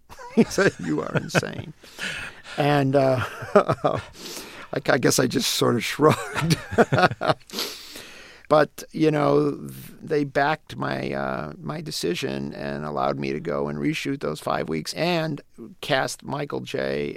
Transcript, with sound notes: He said you are insane. And I guess I just sort of shrugged.
(LAUGHTER)
But, you know, they backed my decision and allowed me to go and reshoot those five weeks and cast Michael J.